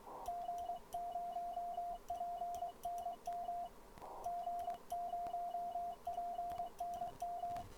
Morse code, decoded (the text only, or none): G0PNM G0PNM